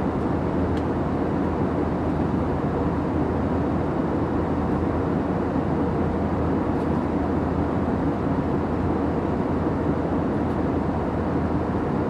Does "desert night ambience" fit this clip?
no